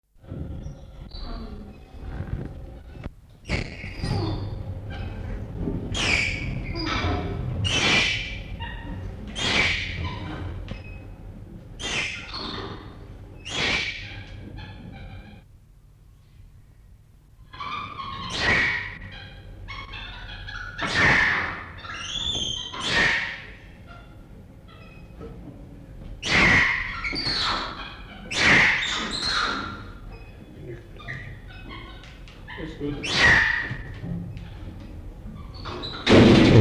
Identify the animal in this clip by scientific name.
Macaca silenus